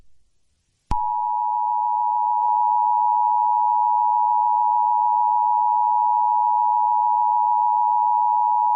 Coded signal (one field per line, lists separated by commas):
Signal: Emergency Alert System (SAME) tones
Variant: 853 and 960 Hz attention tone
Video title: EAS Test: Edd, Tom, Matt, and Tord have stepped in Atlanta.